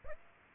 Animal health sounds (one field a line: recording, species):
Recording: mosquito wingbeat signal from an infrared sensor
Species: Aedes aegypti